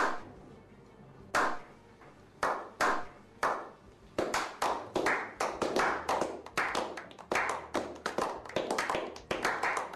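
Applause begins with a few scattered, separate claps, then thickens into a dense, steady round of clapping that carries on loudly to the end, with no talking.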